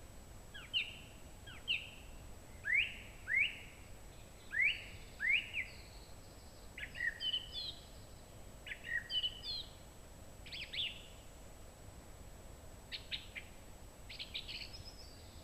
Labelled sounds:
Song Thrush song

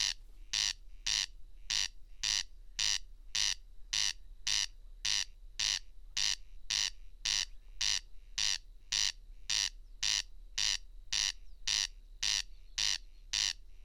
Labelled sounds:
Corn Crake song

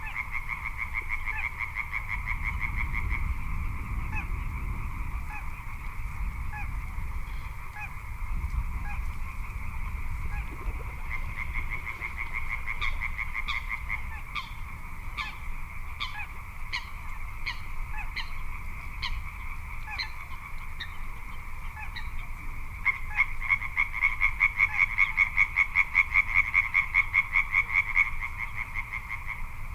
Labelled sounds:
Little Crake

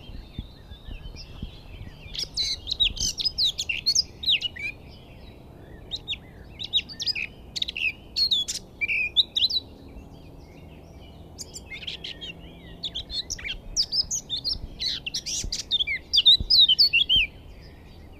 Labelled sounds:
Eurasian Blackcap

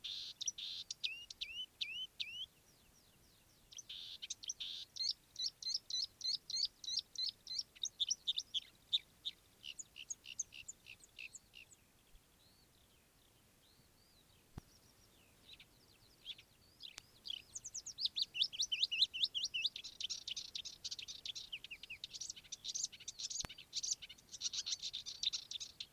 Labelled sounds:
Marsh Warbler

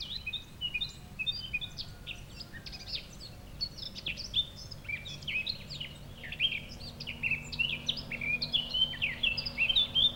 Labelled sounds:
Eurasian Blackcap song

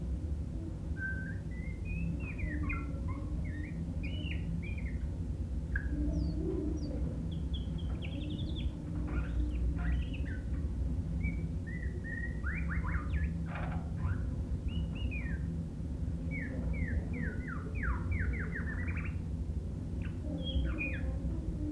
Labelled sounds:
White-rumped Shama song

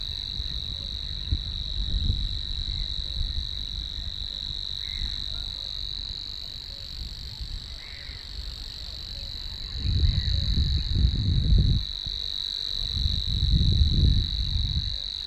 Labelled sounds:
Savi's Warbler song

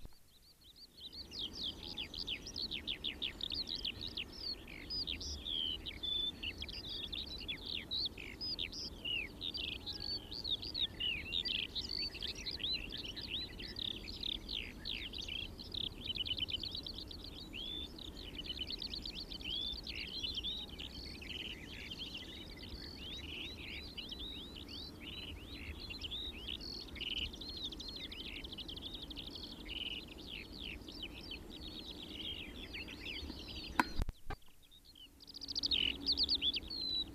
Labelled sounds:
Eurasian Skylark song

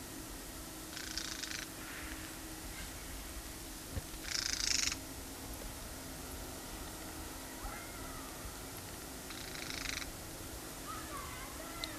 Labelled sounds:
Mistle Thrush call

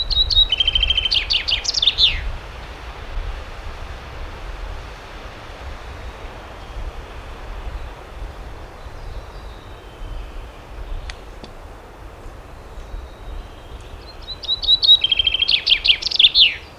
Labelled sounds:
Common Chaffinch song

